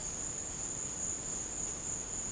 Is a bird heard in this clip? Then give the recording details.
no. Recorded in secondary vegetation near Puerto Asís, Putumayo, Colombia, on 12 March 2025 at 13:30. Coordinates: 0.485, -76.322. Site G040